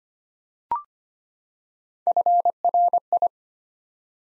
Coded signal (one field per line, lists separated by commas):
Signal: Morse code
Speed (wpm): 25 wpm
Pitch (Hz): 700 Hz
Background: none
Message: FRI